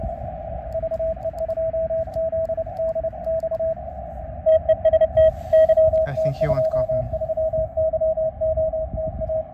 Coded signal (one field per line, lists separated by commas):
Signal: Morse code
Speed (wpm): 28 wpm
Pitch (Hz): 640 Hz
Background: radio noise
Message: VE2ZDX TEST YT23YOTA